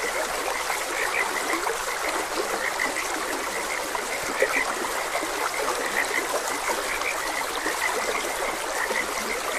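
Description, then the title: Frog croaks, brief repeated notes scattered throughout, partly masked by a continuous babbling stream. Frogs croaking beside a gentle stream. "Gentle Stream and Frogs Croaking"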